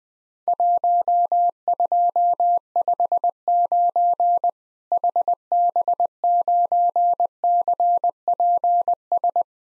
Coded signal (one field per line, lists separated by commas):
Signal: Morse code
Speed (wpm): 20 wpm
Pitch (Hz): 700 Hz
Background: none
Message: 1259 HB9CPS